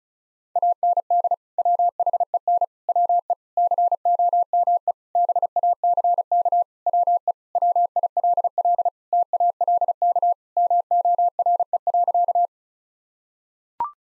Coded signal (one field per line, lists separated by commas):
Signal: Morse code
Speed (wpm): 36 wpm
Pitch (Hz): 700 Hz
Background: none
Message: AND WHEN WE COME BACK WE WILL TALK MORE.